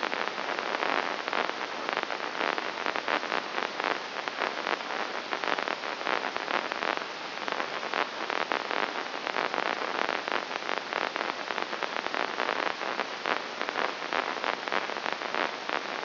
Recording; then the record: brain microelectrode recording played as sound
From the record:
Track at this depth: inside the subthalamic nucleus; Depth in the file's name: 2.301 mm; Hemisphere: right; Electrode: 3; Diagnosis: Parkinson's disease